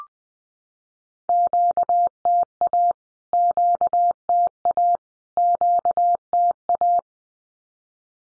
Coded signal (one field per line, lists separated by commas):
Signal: Morse code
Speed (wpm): 20 wpm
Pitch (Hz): 700 Hz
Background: none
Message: QTA QTA QTA